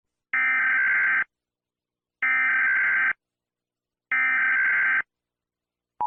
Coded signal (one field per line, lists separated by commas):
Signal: Emergency Alert System (SAME) tones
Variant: header bursts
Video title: EAS Scenario #9 The Finale (The Longest Eas Scenario Video Ever)